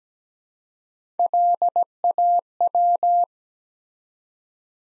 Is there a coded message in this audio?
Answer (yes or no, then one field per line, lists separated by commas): yes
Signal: Morse code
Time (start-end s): 1.2-3.2 s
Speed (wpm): 17 wpm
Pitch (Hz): 700 Hz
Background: none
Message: LAW